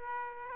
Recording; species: mosquito wingbeat signal from an infrared sensor; Aedes aegypti